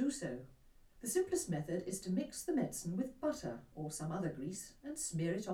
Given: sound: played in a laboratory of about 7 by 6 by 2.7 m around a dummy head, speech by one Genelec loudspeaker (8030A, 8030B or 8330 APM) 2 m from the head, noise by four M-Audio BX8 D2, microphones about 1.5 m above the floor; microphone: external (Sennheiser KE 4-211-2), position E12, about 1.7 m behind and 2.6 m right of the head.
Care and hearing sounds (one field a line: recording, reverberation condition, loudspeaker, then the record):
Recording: female speech in English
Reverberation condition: low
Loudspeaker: in front (0 degrees)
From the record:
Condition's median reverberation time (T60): about 310 ms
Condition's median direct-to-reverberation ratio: about 3.5 dB